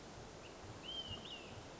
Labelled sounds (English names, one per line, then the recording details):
Olive-sided Flycatcher
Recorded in Sonoma County, California